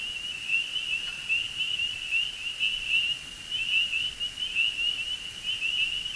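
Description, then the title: Spring peepers in a dense chorus, overlapping high peeps merging into a steady shrill whistling band with no pauses. Chorus in early spring; a persistent drone of delicate, whistle-like peeping. "Spring Peepers and two other frog species calling in early spring"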